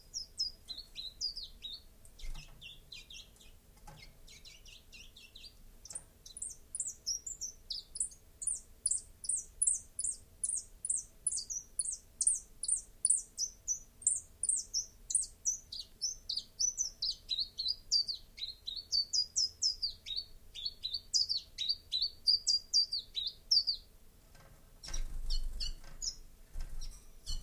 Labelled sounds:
Common Chiffchaff (Phylloscopus collybita) song

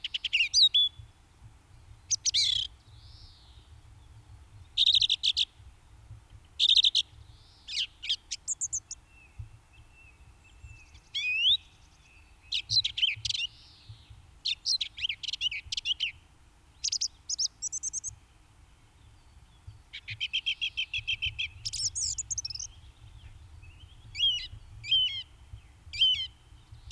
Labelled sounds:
Song Thrush (Turdus philomelos) song

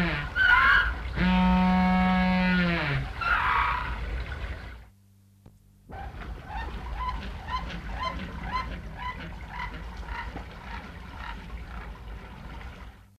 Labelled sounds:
African Penguin (Spheniscus demersus) call

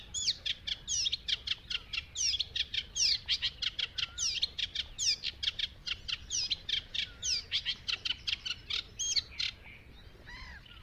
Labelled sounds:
Eurasian Reed Warbler (Acrocephalus scirpaceus)

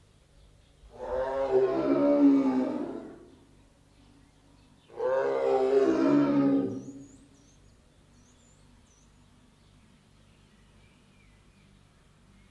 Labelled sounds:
Tiger (Panthera tigris) call

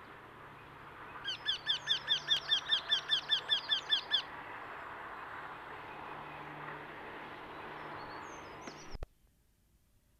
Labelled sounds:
Eurasian Wryneck (Jynx torquilla) song

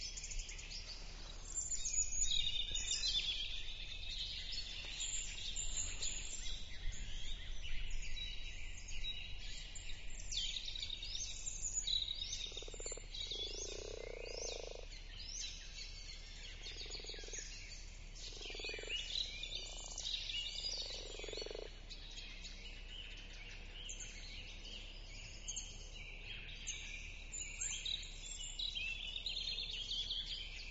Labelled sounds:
Common Frog (Rana temporaria) call

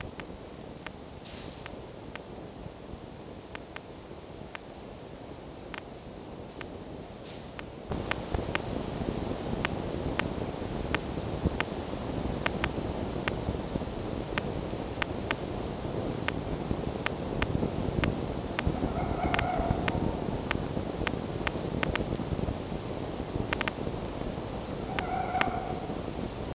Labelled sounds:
Red Fox (Vulpes vulpes)

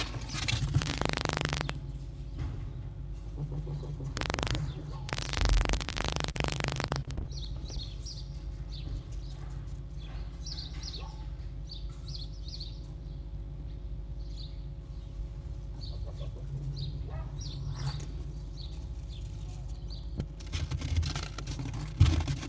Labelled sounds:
Red Fox (Vulpes vulpes)

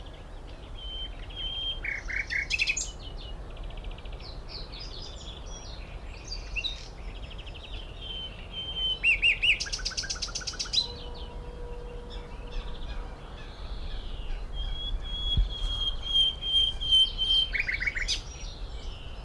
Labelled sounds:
Great Reed Warbler (Acrocephalus arundinaceus)

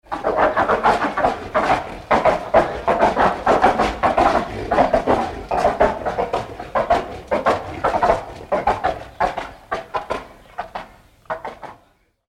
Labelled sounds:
Sloth Bear (Melursus ursinus)

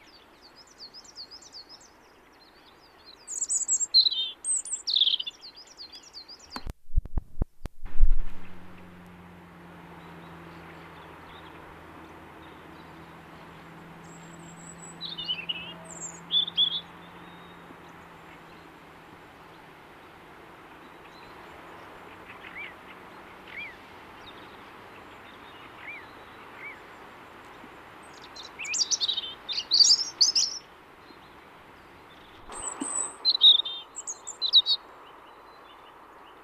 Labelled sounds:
European Robin (Erithacus rubecula) song

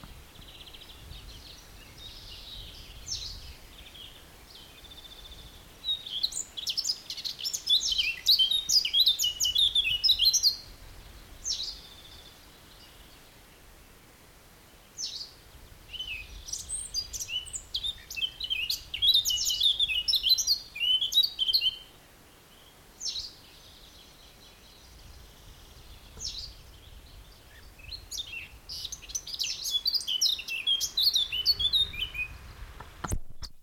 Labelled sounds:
Eurasian Blackcap (Sylvia atricapilla)

